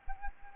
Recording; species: mosquito wingbeat signal from an infrared sensor; Anopheles gambiae